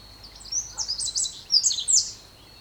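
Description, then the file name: Eurasian wren giving rapid, very high trilled bursts in two runs, over a steady thin high tone in the background. "Troglodytes troglodytes"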